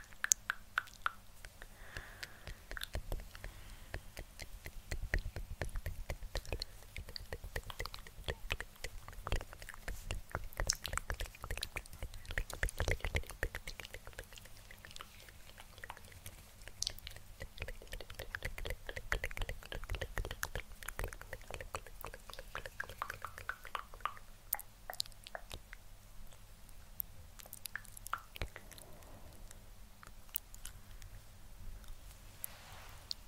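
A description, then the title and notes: Dense mouth sounds and clicks crackle continuously, with wet chewing-like bursts and scratchy rustles layered over a faint low hum throughout. INTENSE LAYERED SOUNDS~ Helping You SleepRelax(Mouth Sounds, Scratching, Tongue Clicking).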